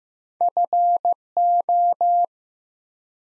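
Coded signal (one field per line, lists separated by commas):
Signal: Morse code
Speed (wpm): 15 wpm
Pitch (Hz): 700 Hz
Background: none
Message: FO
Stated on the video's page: Morse practice at 15 wpm building 3- to 5-letter words one letter at a time, for beginners working on instant character recognition.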